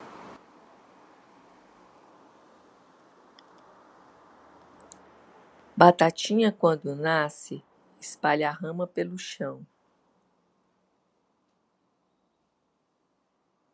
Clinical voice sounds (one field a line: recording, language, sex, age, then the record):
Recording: short text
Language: Brazilian Portuguese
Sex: female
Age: 50 to 59 years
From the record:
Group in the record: control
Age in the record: 56 years